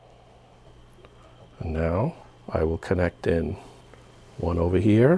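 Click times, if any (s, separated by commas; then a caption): none. A fiber optic patch cable LC connector is handled at an SFP module port on a network switch while someone talks. Two faint, short ticks sound at about 0.9 s and 1.1 s. Nothing has seated or clicked yet; the connector is not home by the end of the clip.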